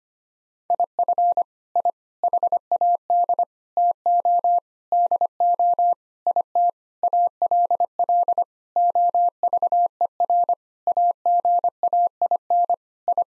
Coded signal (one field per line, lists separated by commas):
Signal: Morse code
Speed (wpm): 25 wpm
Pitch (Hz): 700 Hz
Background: none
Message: IF I HAD TO DO IT ALL OVER AGAIN I